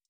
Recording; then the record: hydrophone in a shrimp aquaculture tank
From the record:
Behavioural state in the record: stressed